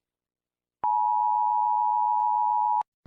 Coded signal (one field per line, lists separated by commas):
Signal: Emergency Alert System (SAME) tones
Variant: 853 and 960 Hz attention tone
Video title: EAS Scenario: THE FOG IS COMING. Inspired by @Vinmagma